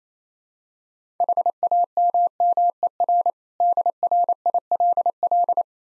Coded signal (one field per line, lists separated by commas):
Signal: Morse code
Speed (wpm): 28 wpm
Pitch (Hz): 700 Hz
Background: none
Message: HAMMER DRILL